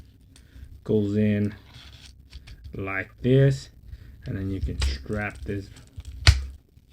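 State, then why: Seated. A Holtzman's Gorilla Bushcraft Survival Knife Kit knife is slid into its sheath while someone talks, and the retaining strap is closed over it. A loud, sharp snap at 6.3 s shows the strap fastening in place on the sheath.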